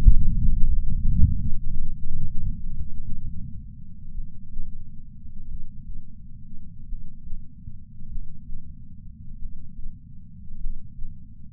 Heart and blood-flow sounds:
heart sounds by patch sensor on the chest; 45 bpm
0.01 s: heartbeat
1.43 s: heartbeat
2.76 s: heartbeat
4.12 s: heartbeat
5.48 s: heartbeat
6.86 s: heartbeat
8.09 s: heartbeat
9.39 s: heartbeat
10.58 s: heartbeat
From the record:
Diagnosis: coronary artery disease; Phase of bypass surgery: preoperative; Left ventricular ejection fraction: 64.4%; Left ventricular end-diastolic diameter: 51 mm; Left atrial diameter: 41 mm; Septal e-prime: 7.3 cm/s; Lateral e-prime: 10.3 cm/s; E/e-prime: 10.1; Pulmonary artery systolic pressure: 25 mmHg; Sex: male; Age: 59 years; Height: 168 cm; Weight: 81 kg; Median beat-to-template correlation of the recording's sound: 0.86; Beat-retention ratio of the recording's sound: 0.96

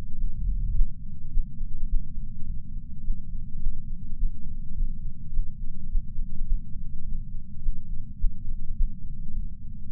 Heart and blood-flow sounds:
heart sounds by patch sensor on the chest; 105 bpm
0.17 s: heartbeat
0.73 s: heartbeat
1.30 s: heartbeat
1.87 s: heartbeat
2.45 s: heartbeat
3.02 s: heartbeat
3.59 s: heartbeat
4.16 s: heartbeat
4.74 s: heartbeat
5.31 s: heartbeat
5.88 s: heartbeat
6.45 s: heartbeat
7.04 s: heartbeat
7.60 s: heartbeat
8.17 s: heartbeat
8.75 s: heartbeat
9.33 s: heartbeat
9.89 s: heartbeat
From the record:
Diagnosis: coronary artery disease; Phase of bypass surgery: postoperative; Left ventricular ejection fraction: 54.7%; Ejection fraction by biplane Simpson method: 51.3%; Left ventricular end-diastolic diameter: 46 mm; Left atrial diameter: 45 mm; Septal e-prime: 5.3 cm/s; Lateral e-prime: 7.1 cm/s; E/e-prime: 10.6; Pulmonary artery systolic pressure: 26 mmHg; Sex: male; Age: 58 years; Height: 182 cm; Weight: 89 kg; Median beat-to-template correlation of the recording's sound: 0.72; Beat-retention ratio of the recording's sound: 0.99

